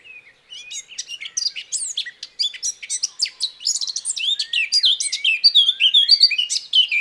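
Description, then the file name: Eurasian blackcap song: a fast, rich warble of varied high chirps and fluty slurs, building steadily and growing louder over about seven seconds. "Sylvia atricapilla"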